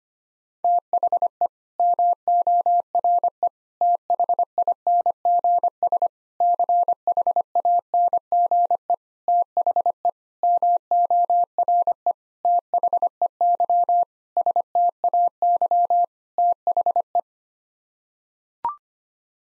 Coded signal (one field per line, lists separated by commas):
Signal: Morse code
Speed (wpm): 25 wpm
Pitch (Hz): 700 Hz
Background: none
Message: THE MORE THINGS CHANGE THE MORE THEY STAY THE